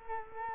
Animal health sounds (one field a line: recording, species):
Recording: mosquito wingbeat signal from an infrared sensor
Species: Culex quinquefasciatus